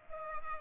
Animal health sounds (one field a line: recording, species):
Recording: mosquito wingbeat signal from an infrared sensor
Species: Culex pipiens